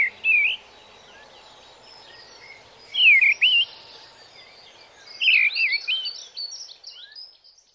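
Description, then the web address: Mistle thrush singing a few clear fluty phrases, each a few looping whistles, the last trailing into softer high twittering, with a constant low hiss behind. "bbc Bird Song Site Mistle Thrush - Grive"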